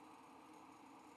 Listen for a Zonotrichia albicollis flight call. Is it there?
no